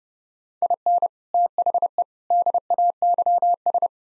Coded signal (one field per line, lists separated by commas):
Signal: Morse code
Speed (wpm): 32 wpm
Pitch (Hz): 700 Hz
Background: none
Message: IN THE DAYS